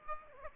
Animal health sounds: mosquito wingbeat signal from an infrared sensor; Aedes aegypti

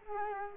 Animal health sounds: mosquito wingbeat signal from an infrared sensor; Culex quinquefasciatus

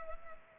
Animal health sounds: mosquito wingbeat signal from an infrared sensor; Culex pipiens

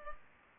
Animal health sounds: mosquito wingbeat signal from an infrared sensor; Culex pipiens

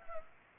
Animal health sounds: mosquito wingbeat signal from an infrared sensor; Culex pipiens

